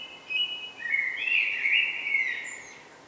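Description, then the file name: Common blackbird singing one continuous mellow, warbling phrase that swells in the middle and trails off with a thin, high squeak, against light background noise. "Turdus merula"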